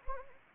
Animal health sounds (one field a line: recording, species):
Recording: mosquito wingbeat signal from an infrared sensor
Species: Anopheles arabiensis